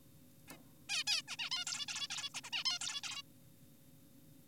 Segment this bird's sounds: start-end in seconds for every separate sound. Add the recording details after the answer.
0.48-0.57, 0.89-1.04, 1.07-1.22, 1.28-1.36, 1.39-1.50, 1.52-1.65, 1.67-1.86, 1.88-2.08, 2.10-2.30, 2.34-2.41, 2.44-2.50, 2.53-2.64, 2.66-2.79, 2.81-3.01, 3.04-3.22. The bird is an adult. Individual g4p5U